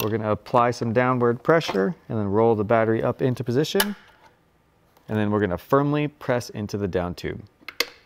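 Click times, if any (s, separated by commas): 7.8 s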